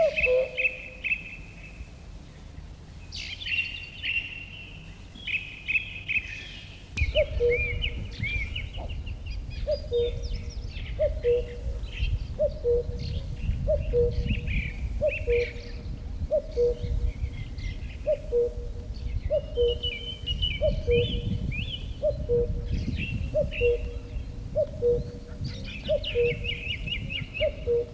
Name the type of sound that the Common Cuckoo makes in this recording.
song